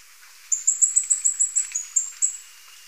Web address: Natures Songs S America Birds of Ecuador Green-and-black Fruiteater